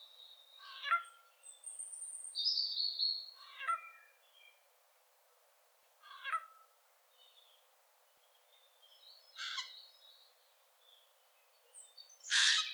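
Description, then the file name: Eurasian jay uttering several rasping screeches at irregular intervals, with some thinner whistled and high notes between them. "Garrulus glandarius"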